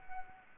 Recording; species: mosquito wingbeat signal from an infrared sensor; Anopheles arabiensis